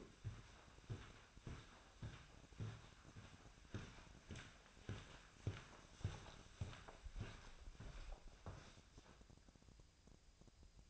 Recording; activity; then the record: daily activity, microphone in the room; walk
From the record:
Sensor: 2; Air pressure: 1009.2 hPa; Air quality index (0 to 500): 179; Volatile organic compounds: 2 ppm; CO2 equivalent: 1302 ppm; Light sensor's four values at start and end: 47/122/53/58 and 49/126/54/60